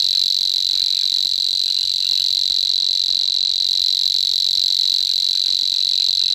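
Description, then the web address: Savi's warbler reeling song, an unbroken insect-like high trill sustained evenly throughout. "agykontroll Madardalok Cd 3. Nádi tücsökmadár"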